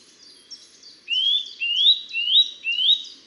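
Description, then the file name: Eurasian nuthatch calls, four loud rising whistled notes about half a second apart, with fainter higher chirps throughout. "Sitta europaea"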